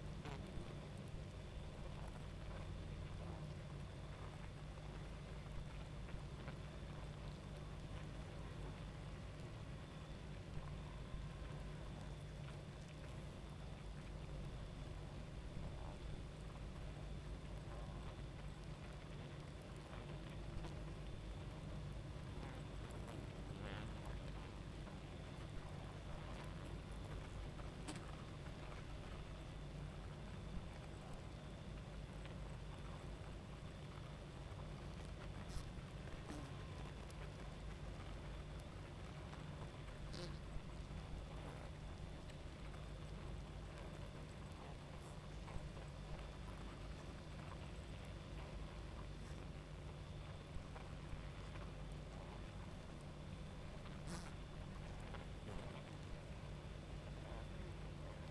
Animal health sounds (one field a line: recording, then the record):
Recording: honeybee colony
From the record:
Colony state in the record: active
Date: 28 July 2017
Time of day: 23:38